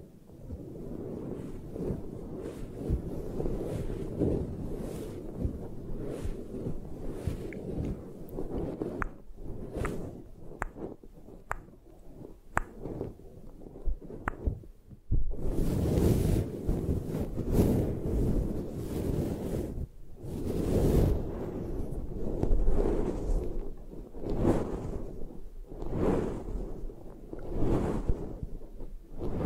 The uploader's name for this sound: Tapping